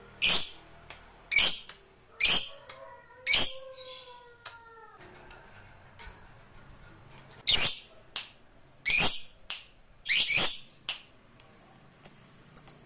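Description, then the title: Lovebird shrill chirps in short bursts, with a drawn-out, falling, whistled squeal in between, then a pause before more sharp chirps follow. Lovebird sound played to stimulate other lovebirds. "Suara Lovebird"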